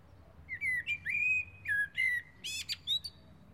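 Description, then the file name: Common blackbird song: a sequence of rich, slurred fluty whistles followed by a few sharp, high squeaky notes. "Turdus merula"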